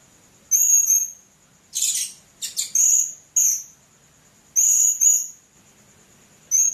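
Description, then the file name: Blue-crowned hanging parrot giving very high, thin, sibilant chirping calls in short bursts separated by pauses, with a faint steady high tone throughout. "serindit"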